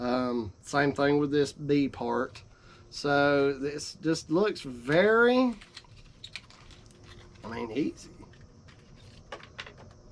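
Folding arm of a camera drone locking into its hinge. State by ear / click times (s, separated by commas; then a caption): seated / 9.6 s. A plastic folding arm on a Hubsan Zino Pro camera drone is unfolded on its hinge until it locks in the extended position. Someone talks over the first half, then a few soft handling taps lead to a sharp click at 9.6 s as the arm seats into place.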